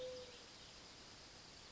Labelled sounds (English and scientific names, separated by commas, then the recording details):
Mourning Dove (Zenaida macroura)
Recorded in Sonoma County, California